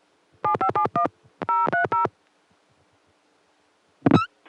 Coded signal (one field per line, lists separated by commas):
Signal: DTMF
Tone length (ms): 120 ms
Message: 7571 030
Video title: Early 80s pgm. 13: Odd Ring Tones, A Remote New York City Dialtone, Time Announcements, 1981 - 1983